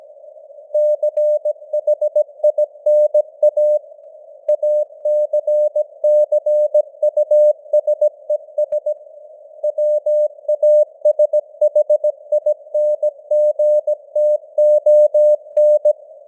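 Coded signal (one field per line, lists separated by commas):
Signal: Morse code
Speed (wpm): 17 wpm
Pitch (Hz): 600 Hz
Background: none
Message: CHINA ACCUSES WASHINGTON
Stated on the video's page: News headlines in Morse at 17 wpm with simulated radio noise and varying signal strength (QSB).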